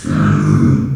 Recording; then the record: squeal of a Yucatan mini pig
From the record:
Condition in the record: after surgery on the right vocal fold (resection and tissue-engineered implant); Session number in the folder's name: 9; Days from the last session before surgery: 65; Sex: female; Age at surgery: 19 weeks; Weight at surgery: 25 kg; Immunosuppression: prednisolone